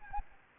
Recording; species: mosquito wingbeat signal from an infrared sensor; Anopheles gambiae